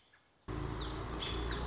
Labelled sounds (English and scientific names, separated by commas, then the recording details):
American Robin (Turdus migratorius)
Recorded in Sonoma County, California